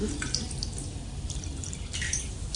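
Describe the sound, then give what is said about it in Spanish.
A thin trickle of water drips from a shower, with scattered bright droplet taps over a low, steady rumble of running water. No voices. “Estoy todo enjabonado y apenas llega un hilo de agua.”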